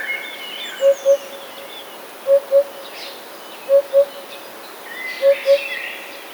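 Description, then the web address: Eurasian hoopoe repeating paired soft hoots about every one and a half seconds, with other birds singing in the background. "wroblowe kolekcja dudek"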